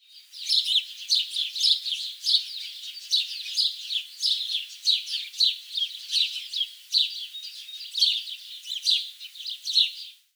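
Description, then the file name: Birds chirping, a dense run of high, rapid twittering notes throughout. "PAJAROS"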